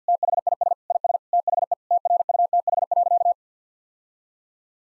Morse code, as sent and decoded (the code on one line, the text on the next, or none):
- .... .. ... / .. ... / - .... . / - .-. ..- - .... .-.-.-
THIS IS THE TRUTH.